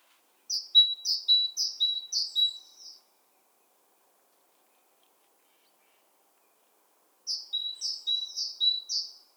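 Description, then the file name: Great tit calling in two bursts of four or five high, clipped double notes, a thin tone paired with a harsher slur, separated by several seconds of silence. "Parus major"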